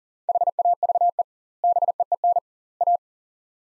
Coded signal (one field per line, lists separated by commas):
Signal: Morse code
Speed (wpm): 40 wpm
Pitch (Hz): 700 Hz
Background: none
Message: HAVE BEEN A